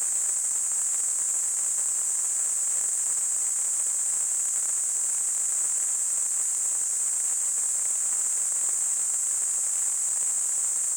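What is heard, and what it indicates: A steady, unbroken high-pitched hiss centred around a shrill band, with no change across eleven seconds. This is a simulation of tinnitus, the constant ringing or hissing some people perceive in their ears without an outside sound.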